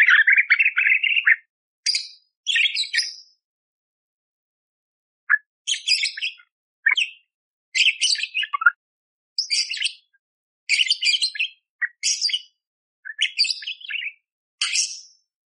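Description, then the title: Budgerigar opens with a buzzy warble, then after a pause gives short harsh chirps in small clusters. Masteran training recording of a budgerigar chattering clearly with harsh 'tembakan' fill, intended for training kacer (magpie-robin). "Masteran Burung Parkit Gacor Jernih Full Isian Tembakan Kasar Cocok Buat Kacer"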